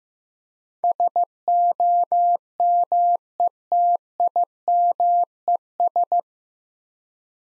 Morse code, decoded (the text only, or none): SOMETIMES